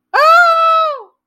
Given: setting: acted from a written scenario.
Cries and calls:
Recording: vocal sound without words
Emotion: pain

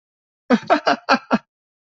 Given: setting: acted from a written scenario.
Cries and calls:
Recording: vocal sound without words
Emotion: amusement

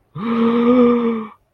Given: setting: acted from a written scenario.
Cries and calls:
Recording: vocal sound without words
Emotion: awe

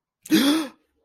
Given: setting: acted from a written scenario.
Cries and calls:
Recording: vocal sound without words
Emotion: negative surprise

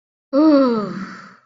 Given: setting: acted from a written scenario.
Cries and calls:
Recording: vocal sound without words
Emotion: serenity

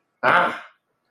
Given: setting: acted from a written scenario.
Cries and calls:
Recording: vocal sound without words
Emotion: anger

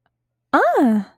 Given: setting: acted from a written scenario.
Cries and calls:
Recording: vocal sound without words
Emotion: positive surprise

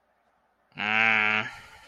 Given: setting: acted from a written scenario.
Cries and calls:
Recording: vocal sound without words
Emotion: contempt

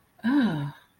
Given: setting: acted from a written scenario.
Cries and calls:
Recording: vocal sound without words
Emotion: disgust

